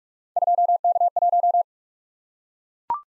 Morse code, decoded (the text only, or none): 2K1